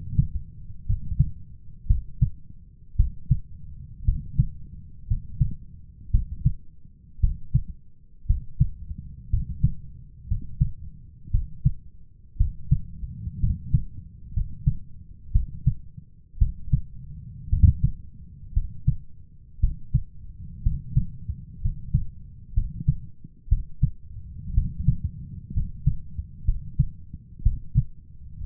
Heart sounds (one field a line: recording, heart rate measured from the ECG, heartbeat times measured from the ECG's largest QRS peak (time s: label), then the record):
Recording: heart sounds by stethoscope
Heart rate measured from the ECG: 59 bpm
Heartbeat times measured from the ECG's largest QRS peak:
0.85 s: heartbeat
1.86 s: heartbeat
2.95 s: heartbeat
4.04 s: heartbeat
5.06 s: heartbeat
6.10 s: heartbeat
7.19 s: heartbeat
8.26 s: heartbeat
9.29 s: heartbeat
10.27 s: heartbeat
11.30 s: heartbeat
12.36 s: heartbeat
13.39 s: heartbeat
14.32 s: heartbeat
15.31 s: heartbeat
16.38 s: heartbeat
17.49 s: heartbeat
18.52 s: heartbeat
19.59 s: heartbeat
20.62 s: heartbeat
21.60 s: heartbeat
22.53 s: heartbeat
23.48 s: heartbeat
24.53 s: heartbeat
25.52 s: heartbeat
26.44 s: heartbeat
27.42 s: heartbeat
28.43 s: heartbeat
From the record:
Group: healthy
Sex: male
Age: 23 years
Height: 178 cm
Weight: 96.6 kg